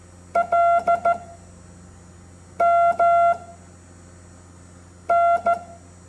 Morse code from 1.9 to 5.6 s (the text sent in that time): M N